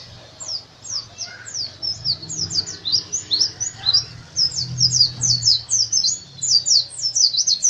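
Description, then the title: White-eye song: continuous rapid high-pitched slurred notes chattering without pause over a low background hum. Pleci Dakun from Bali, a national champion songbird; song style described as ngerol gacor teler. "pleci Dakun Bali Ngerol Gacor Teler Juara Nasional"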